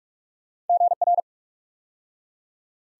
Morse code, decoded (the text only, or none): GR